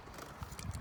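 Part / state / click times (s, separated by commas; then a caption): wiring harness connector into splice pack/junction connector / not seated / none. A plastic multi-pin wiring connector is handled as it is reconnected to the S101 splice pack (junction connector) in a Chevy Aveo, part of a repair for dash, side marker and tail lights that are not working. Low thumps and rustling handling noises are heard, with a sharp tap near 0.6 s. Nothing has seated or clicked yet.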